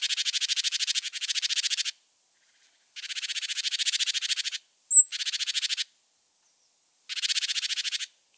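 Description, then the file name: Great tit churring call: harsh rattling bursts of rapid pulses lasting under a second to nearly two seconds, several bursts separated by pauses, with one brief high thin note between them. "Parus major"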